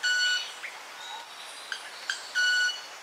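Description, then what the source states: Club-winged Manakin wing sound: sharp ticks and a sustained ringing tone with bright overtones, the tone heard twice within three seconds. Made by the male rapidly vibrating its wings, not a vocalization; males have a warped wing skeleton, an extreme example of runaway selection.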